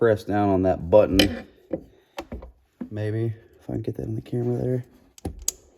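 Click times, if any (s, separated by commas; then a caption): 5.5 s. A flathead screwdriver presses down the release button on a six-pin plastic O2 sensor wiring connector while someone talks, with a few light taps and clicks in between. A sharp pop at 5.5 seconds is the latch letting go, and the connector comes unlatched from its mating plug.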